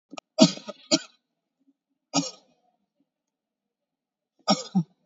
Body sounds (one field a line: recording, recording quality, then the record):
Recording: heavy voluntary cough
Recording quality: excellent, no background noise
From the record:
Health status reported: COVID-19 positive, moderate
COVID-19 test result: positive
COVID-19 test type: RT-PCR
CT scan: not taken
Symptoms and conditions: cough, cold, breathing difficulty, sore throat, fever, fatigue, muscle pain, loss of smell and taste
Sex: female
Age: 46 years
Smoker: no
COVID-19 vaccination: both doses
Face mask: worn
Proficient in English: yes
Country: India